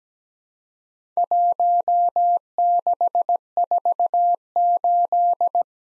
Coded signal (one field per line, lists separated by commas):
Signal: Morse code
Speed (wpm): 17 wpm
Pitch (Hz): 700 Hz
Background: none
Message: 1648